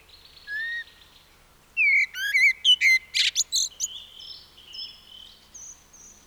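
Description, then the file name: Common blackbird song: one soft fluty note, a pause, then a rich warbled phrase breaking into rapid high squeaks and chirps. Faint high whistles trail away at the end. "Turdus merula"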